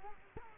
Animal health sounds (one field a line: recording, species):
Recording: mosquito wingbeat signal from an infrared sensor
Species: Culex quinquefasciatus